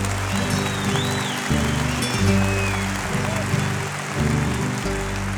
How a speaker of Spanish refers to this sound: ¿El aplauso es a favor o en contra? ¿O ya andan en la apertura también ustedes?